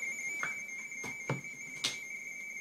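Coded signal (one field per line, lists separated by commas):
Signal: RTTY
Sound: steady warbling two-tone chatter near 2.2 kHz, with a few sharp clicks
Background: clicks and handling noise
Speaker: i've got some text i can paste into the box there so you can just watch it transfer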